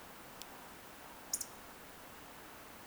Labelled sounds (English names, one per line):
Eurasian Woodcock whistle
Eurasian Woodcock croak